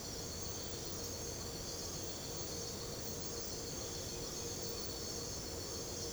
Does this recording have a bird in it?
no